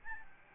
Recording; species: mosquito wingbeat signal from an infrared sensor; Aedes albopictus